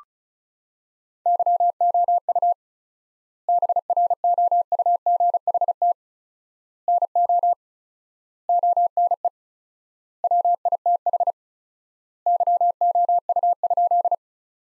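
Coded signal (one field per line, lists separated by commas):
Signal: Morse code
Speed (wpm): 36 wpm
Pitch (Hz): 700 Hz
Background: none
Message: YOU BROUGHT NO ONE WITH YOU?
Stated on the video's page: Morse sentences built from the top 500 words, sent at 35 wpm with word spacing stretched to four times standard, a practice drill akin to Farnsworth.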